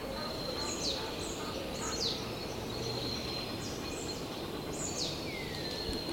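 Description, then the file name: Eurasian nuthatch calls: short high downslurred notes given singly and in pairs, over a steady high tone and broad background noise. "Sitta europaea"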